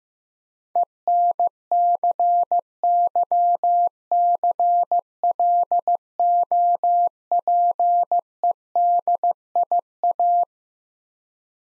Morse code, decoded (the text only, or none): ENCYCLOPEDIA